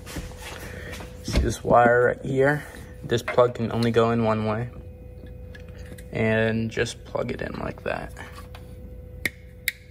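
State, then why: Seated. Someone talks while the plastic plug of the HomeLink wiring harness is pushed into the socket of the garage opener module on a Tesla Model Y Juniper / Model 3 Highland. Two sharp clicks at 9.3 s and 9.7 s mark the plug seating fully in the module, before the red safety loop is pushed in.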